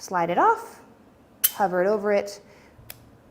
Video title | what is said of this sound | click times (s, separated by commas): Rock, Paper, SCISSORS!!!!! | push it into place and again it clicks right back into place so super a fun feature that's in the straight Cutters but again that comes with it | 2.9 s